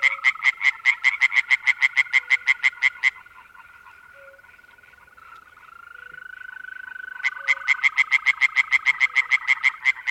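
European tree frog calling in rapid runs of sharp, nasal pulses, with a pause of several seconds between two long runs.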